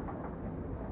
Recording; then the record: background sound without coughing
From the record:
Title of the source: Train Ride Ambience ambient white noise for sleeping, focus, studying, reading